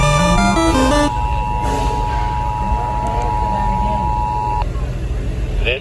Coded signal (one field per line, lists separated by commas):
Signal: Emergency Alert System (SAME) tones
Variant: 853 and 960 Hz attention tone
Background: speech, music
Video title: ABSOLUTE INSANITY 7: SPRING BREAK INSANITY - EAS Alerts From 3/18/24 - 3/23/24 (EAS #1501-1562)